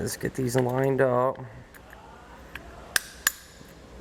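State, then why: Seated. Someone talks while lining up pieces of a roof rack mounting fitting for a Yakima JetStream crossbar on a 2016 Nissan NV 3500, then pushes them into the crossbar. Two sharp, hard clicks ring out at 3.0 s and 3.3 s as the fitting snaps into place and is seated.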